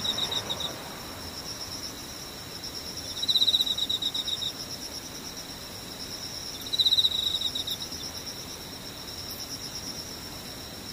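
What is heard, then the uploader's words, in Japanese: Cicadas and insects keep up a steady, high, shrill buzz throughout, with a second thin whine layered above it. Twice, at about three and seven seconds, a louder rapid pulsing chirp rises over the drone for roughly a second each time, then falls back. セミムシ。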